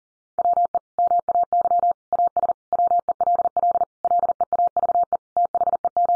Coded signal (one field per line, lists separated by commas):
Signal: Morse code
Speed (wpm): 40 wpm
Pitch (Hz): 700 Hz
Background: none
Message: WE MAY AS WELL LEAVE THEM